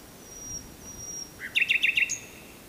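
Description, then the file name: Common nightingale song phrase: a thin high whistle, then a fast series of loud repeated chuckling notes and a short high ending note. "Luscinia megarhynchos"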